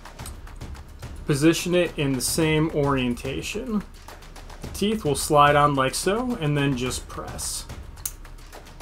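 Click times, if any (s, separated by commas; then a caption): 8.1 s. A plastic K'NEX marble-coaster chain link is slid onto the teeth of the previous link of a toy lift chain and pressed while someone talks, with soft taps throughout. A sharp click at 8.1 s shows the link snapping on and seating, after which it hinges freely.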